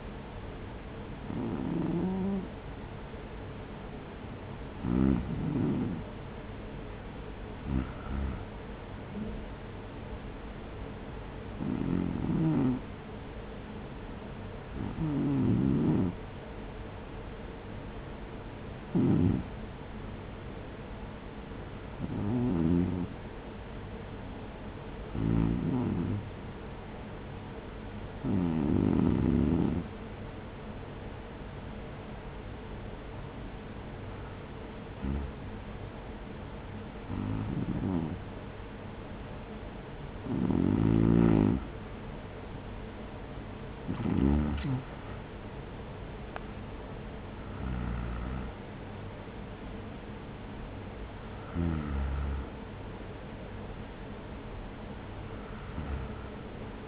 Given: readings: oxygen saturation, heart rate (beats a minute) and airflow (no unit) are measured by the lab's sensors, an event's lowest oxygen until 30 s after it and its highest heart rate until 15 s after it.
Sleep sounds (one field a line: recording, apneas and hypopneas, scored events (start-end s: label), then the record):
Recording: breathing in sleep by a voice recorder at the bedside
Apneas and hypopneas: 1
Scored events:
12.00-43.40 s: hypopnea (REM, oxygen 97% highest, then 94% lowest, heart rate 71 at the start, 71 highest)
From the record:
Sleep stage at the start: REM sleep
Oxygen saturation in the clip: 95 to 97%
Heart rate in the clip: 57 to 75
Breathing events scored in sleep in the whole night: 210 in 6.9 hours asleep